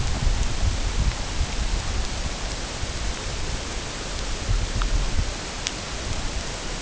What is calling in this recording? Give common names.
none